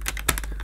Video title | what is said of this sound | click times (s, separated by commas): Vax Power Reach Handheld Vacuum Cleaner Unboxing & Demonstration | properly and locked into place | 0.3 s